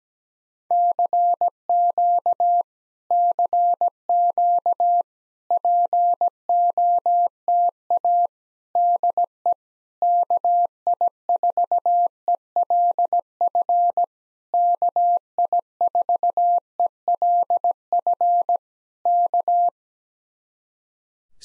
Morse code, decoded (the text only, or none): CQ CQ POTA DE KI4ELF KI4ELF K